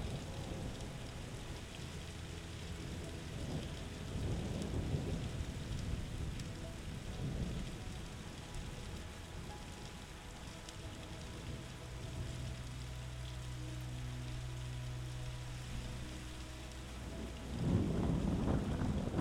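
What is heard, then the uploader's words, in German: Steady rain hisses throughout, with low rumbles of thunder swelling around five seconds, near eight, and again strongly at the end. From about twelve seconds, a soft sustained melody of low held tones sits beneath the rain. Beruhigendes GEWITTER, Sanfter REGEN, Entspannende MELODIE. Beruhigendes Gewitter und sanfter Regen harmonisch verschmelzen.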